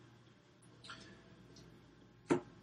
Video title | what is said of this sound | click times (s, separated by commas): Review of DoubleVision RDA by CompVape | very high tolerance o-ring that goes on there pops right in boom you're good to go | 2.3 s